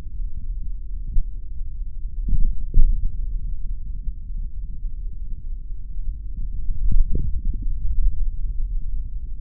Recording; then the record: forearm muscle sounds (acoustic myography)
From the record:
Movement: finger pinch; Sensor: system 3, bracelet of six PUI Audio POM-2738L microphones around the upper forearm, with dedicated amplification and filtering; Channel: 4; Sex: male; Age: 26 years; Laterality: right